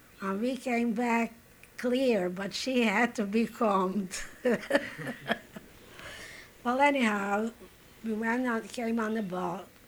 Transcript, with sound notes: And we came back clear, but she had to be combed. ( she laughs ) Well, anyhow, we went on, came on the boat.